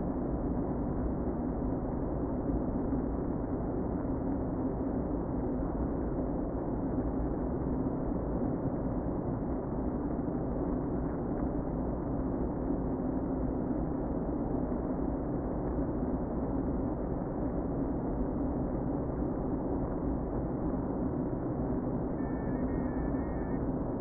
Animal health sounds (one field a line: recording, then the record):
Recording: honeybee colony, microphone inside the hive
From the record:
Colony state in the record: queen present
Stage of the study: before two queens were removed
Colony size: about 60,000 bees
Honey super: yes